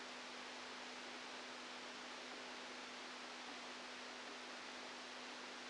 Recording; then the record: brain microelectrode recording played as sound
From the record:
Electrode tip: outside the subthalamic nucleus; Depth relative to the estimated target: -6 mm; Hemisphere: left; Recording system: NeuroSet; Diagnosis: Parkinson's disease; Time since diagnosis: 13 years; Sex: male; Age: 49 years